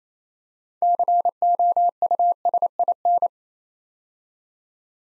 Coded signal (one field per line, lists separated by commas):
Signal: Morse code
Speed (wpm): 28 wpm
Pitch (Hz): 700 Hz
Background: none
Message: COUSIN